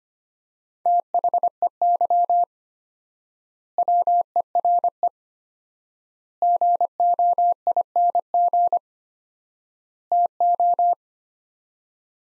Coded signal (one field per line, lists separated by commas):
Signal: Morse code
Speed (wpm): 25 wpm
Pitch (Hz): 700 Hz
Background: none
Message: THEY WERE GOING TO